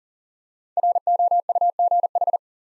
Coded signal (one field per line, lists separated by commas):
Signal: Morse code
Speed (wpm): 41 wpm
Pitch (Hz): 700 Hz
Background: none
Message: ROUGH